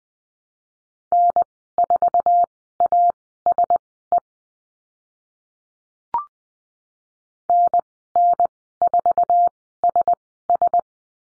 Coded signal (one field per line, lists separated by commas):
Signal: Morse code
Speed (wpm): 20 wpm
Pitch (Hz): 700 Hz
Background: none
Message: N4ASE NN4SS